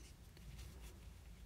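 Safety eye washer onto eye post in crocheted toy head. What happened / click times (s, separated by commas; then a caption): The plastic washer snapped onto the post / 0.4 s. A plastic safety washer is pushed onto the post of a 6 mm safety bead eye through the crocheted yarn head of a toy. A sharp snap is heard at 0.4 s against a low rustling background as the washer seats, attaching the eye.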